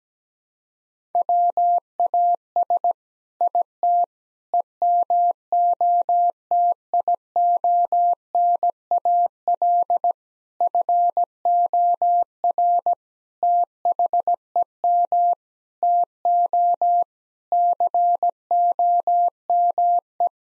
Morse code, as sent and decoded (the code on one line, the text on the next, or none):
.-- .- ... / .. - / . -- --- - .. --- -. .- .-.. / ..-. --- .-. / - .... . -- / - --- / -.-. --- -- .
WAS IT EMOTIONAL FOR THEM TO COME